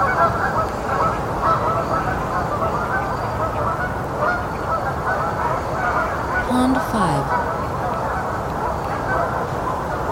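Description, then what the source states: Canada goose: canada geese giving constant overlapping honks from a large flock, with a short lower falling note partway through. Several Canada geese.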